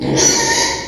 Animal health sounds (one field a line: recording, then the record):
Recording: squeal of a Yucatan mini pig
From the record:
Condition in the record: before surgery on the right vocal fold (resection and tissue-engineered implant)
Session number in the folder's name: 1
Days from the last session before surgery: -3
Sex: male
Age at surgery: 12 weeks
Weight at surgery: 13 kg